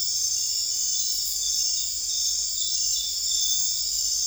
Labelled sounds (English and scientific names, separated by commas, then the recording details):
none
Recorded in dense forest near Puerto Asís, Putumayo, Colombia, on 20 December 2024 at 22:30
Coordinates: 0.482, -76.320
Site G021